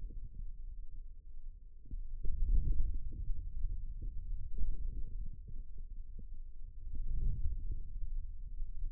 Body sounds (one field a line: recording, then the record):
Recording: forearm muscle sounds (acoustic myography)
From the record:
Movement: hand closing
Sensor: system 2, bracelet of six BSWA MPA416 microphones around the upper forearm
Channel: 4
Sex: male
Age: 22 years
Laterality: right